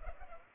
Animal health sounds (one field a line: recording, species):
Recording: mosquito wingbeat signal from an infrared sensor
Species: Culex pipiens